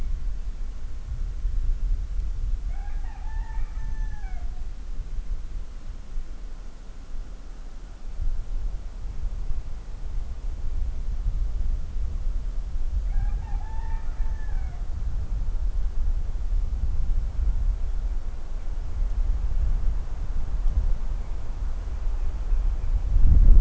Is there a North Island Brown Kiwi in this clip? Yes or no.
no